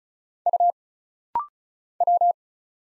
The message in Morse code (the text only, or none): U W